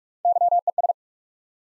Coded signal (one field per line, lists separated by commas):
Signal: Morse code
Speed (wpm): 44 wpm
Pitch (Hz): 700 Hz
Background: none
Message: Y E S